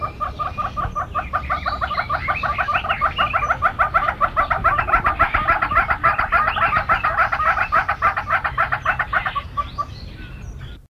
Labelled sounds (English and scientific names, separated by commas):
Northern Red-billed Hornbill (Tockus erythrorhynchus) call